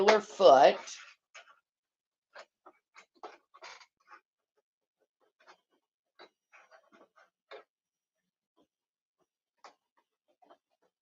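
Someone talks briefly, then a snap-on presser foot is handled at a serger/sewing machine, giving a series of faint, sparse ticks and taps across the quiet clip. Nothing has snapped into place yet.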